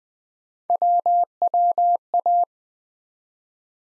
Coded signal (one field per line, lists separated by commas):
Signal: Morse code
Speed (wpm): 20 wpm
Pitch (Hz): 700 Hz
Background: none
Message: WWA